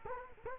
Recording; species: mosquito wingbeat signal from an infrared sensor; Culex quinquefasciatus